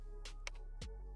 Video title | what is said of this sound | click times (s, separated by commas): The Best Way to Install the AMD Radeon RX 7700 XT Graphics Card in your PC | and then you'll see this little arm click right into that piece right up there | 0.5 s